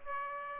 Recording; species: mosquito wingbeat signal from an infrared sensor; Aedes aegypti